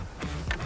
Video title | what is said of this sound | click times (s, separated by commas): Surf Fishing Tips for Okuma Gear! #771 | snap right in. And you'll see there's a little notch right here. It's going to snap right on place. | 0.5 s